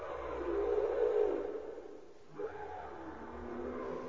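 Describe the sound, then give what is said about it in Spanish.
Humpback whale song in the warm Pacific waters off the coast of Ecuador, where the whales arrive after swimming 8,000 km from Antarctica: a long, wavering low moan that fades, then after a brief lull a new tonal call rises and holds, droning steadily over a hissy underwater background. “Se trata de la visita de las ballenas jorobadas que llegan a las cálidas aguas del Pacífico luego de nadar 8.000 kilómetros desde la Antártida.”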